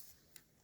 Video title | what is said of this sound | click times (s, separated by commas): Mosign Nagant 91/30: Cosmoline removal tutorial | So just kind of slide it up there into place. You'll hear it click into place whenever it's there. | 0.4 s